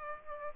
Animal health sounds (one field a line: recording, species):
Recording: mosquito wingbeat signal from an infrared sensor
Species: Aedes aegypti